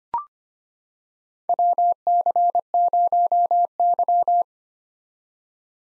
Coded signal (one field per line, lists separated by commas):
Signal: Morse code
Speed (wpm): 25 wpm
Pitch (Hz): 700 Hz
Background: none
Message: WC0Y